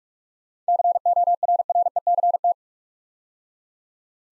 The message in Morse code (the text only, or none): CORRECT